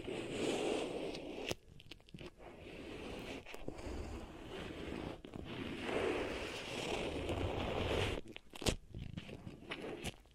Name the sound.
Beeswax Ear Triggers